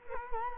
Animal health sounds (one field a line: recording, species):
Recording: mosquito wingbeat signal from an infrared sensor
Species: Culex quinquefasciatus